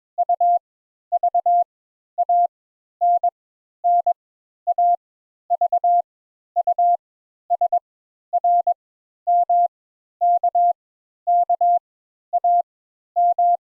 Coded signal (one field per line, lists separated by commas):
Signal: Morse code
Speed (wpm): 21 wpm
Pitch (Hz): 700 Hz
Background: none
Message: U V A N N A V U S R M K K A M